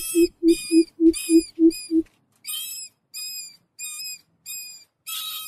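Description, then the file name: Greater coucal deep booming notes, seven evenly spaced hoots in two seconds, followed by a series of high, thin, squeaky whistled notes with short gaps. "tieng bim bip keu tieng chuot"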